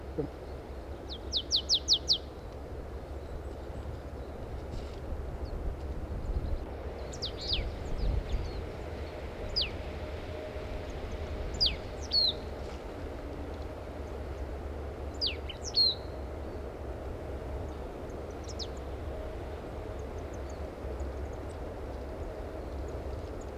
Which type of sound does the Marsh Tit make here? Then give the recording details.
song. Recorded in the wild. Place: Düsseldorf, Nordrhein Westfalen, DE. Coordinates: 51.33, 6.77. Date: 1995-04-08. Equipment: Sony WM-D6C. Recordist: Skiba, Reinald. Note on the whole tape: Düsseldorf/Köln